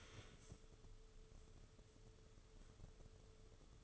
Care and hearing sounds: daily activity, microphone in the room; stand up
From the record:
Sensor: 4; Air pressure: 995.3 hPa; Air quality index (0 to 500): 217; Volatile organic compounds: 269 ppm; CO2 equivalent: 4410 ppm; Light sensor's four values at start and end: 19/48/19/23 and 18/48/19/22

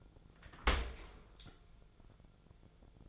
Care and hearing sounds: daily activity, microphone in the room; open dishwasher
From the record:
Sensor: 5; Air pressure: 1000.6 hPa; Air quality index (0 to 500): 153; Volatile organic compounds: 2 ppm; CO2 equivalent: 1174 ppm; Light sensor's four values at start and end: 43/97/42/45 and 43/98/42/45

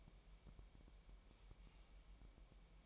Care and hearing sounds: daily activity, microphone in the room; take from stove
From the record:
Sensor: 1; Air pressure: 1002.0 hPa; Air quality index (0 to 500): 245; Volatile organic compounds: 49 ppm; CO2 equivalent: 3278 ppm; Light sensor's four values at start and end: 5/12/5/6 and 5/12/5/6

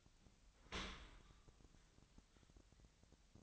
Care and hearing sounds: daily activity, microphone in the room; open dishwasher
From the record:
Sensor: 3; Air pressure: 1003.0 hPa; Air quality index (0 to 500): 196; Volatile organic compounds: 6 ppm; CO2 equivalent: 1916 ppm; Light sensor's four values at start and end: 19/46/19/21 and 19/46/19/20

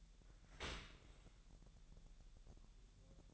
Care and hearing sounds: daily activity, microphone in the room; open dishwasher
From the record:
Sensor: 3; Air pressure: 1000.5 hPa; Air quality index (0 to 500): 248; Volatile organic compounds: 174 ppm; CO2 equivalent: 4119 ppm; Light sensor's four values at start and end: 11/26/10/10 and 11/26/10/10

